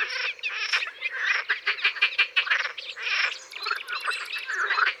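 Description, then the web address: Edible frogs giving loud, duck-like squawking croaks in quick rattling series, several callers overlapping in a dense, steady chorus. "Grenouille verte. abc de la nature"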